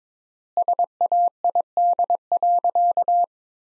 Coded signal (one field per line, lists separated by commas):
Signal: Morse code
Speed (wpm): 22 wpm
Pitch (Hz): 700 Hz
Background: none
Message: SAID.